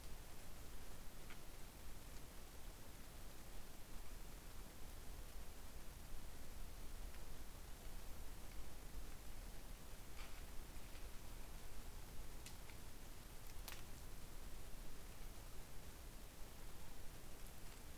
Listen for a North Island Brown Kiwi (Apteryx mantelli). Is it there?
no